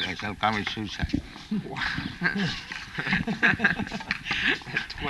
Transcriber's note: laughter